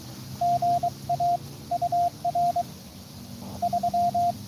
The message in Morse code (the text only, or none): GA UR 3